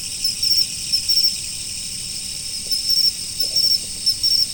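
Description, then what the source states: Insects in a continuous high-pitched chorus, with short louder pulsed chirps repeating at irregular intervals. Autumn.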